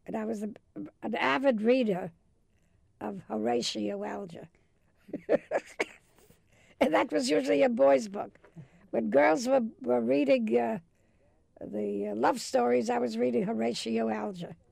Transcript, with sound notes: And I was an avid reader of Horatio Alger. [laughs] And that was usually a boy's book. When girls were reading the love stories, I was reading Horatio Alger!